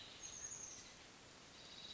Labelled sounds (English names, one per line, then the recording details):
Chestnut-backed Chickadee
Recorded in Sonoma County, California